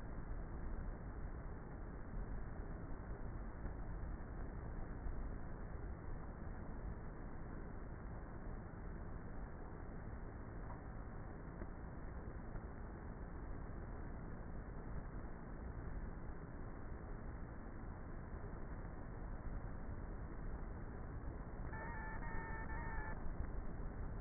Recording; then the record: honeybee colony, microphone inside the hive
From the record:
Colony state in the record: queenless with a low population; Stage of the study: before two queens were removed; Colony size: about 30,000 bees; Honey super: no